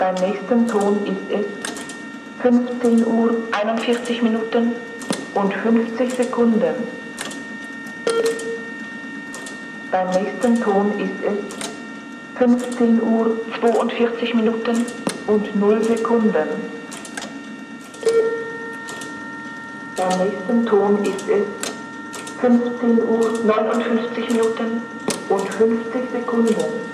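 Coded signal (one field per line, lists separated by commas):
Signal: speaking clock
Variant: German, 1958 magnetic-drum machine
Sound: german voice repeatedly announcing time numbers and minutes over mechanical whir and hum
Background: machine hum, clatter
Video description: Zeitansage Magnetton von 1958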